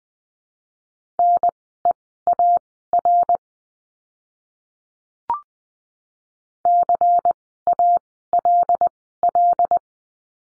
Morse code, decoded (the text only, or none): NEAR CALL